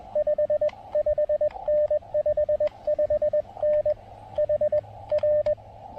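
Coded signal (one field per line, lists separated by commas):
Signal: Morse code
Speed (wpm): 20 wpm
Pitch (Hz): 590 Hz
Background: none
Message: 55N 55N HR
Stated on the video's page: QRP POTA park activation on 20 m CW using Elecraft AX1 antenna and KX1.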